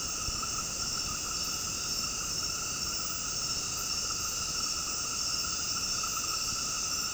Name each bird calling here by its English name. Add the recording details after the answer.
none. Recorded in dense forest near Puerto Asís, Putumayo, Colombia, on 18 February 2024 at 20:00. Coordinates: 0.486, -76.316. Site G6437